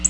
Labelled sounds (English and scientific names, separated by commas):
Black-throated Blue Warbler (Setophaga caerulescens) flight call